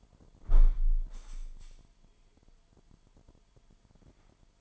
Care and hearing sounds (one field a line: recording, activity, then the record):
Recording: daily activity, microphone in the room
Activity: close window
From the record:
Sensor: 5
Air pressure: 998.0 hPa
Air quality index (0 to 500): 97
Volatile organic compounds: 2 ppm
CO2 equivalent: 1105 ppm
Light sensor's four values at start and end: 26/62/25/28 and 26/62/26/28